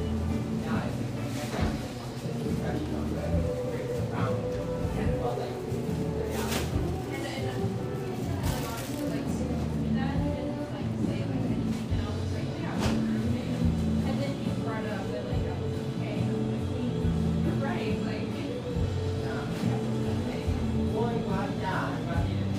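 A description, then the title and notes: Café chatter fills the room steadily, overlapping voices with clinks and sharp knocks every few seconds, and a low hum underneath. Laurelhurst, Portland, Oregon.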